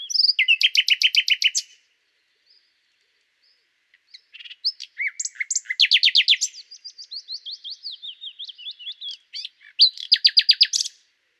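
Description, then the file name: Common nightingale song with rapid repeated rattling notes, a pause, then varied phrases of chirps and trills, ending in another fast loud burst. "Luscinia megarhynchos"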